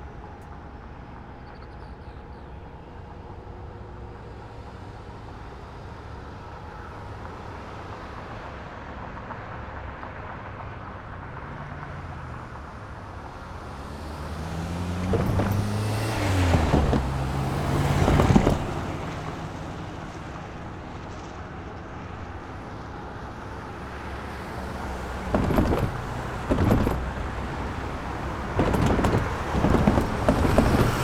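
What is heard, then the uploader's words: Traffic rolls over a crossing against a steady low rumble of engines. Around the middle a vehicle passes with a rising whoosh and a few sharp clunks, then the road quiets before more cars rattle by near the end. Calming Traffic Sounds Over the Crossing.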